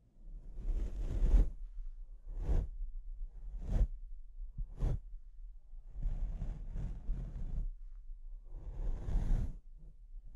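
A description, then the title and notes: Mic scratching in rough, irregular bursts: a long scrape near the start, short sharp swipes around 2.5, 3.8 and 4.9 seconds, then longer grinding stretches from 6 to 7.5 and 8.5 to 9.5 seconds. The rubbing is gritty and harsh over a steady low rumble. ASMR Brain Melting Mic Scratching (No Talking).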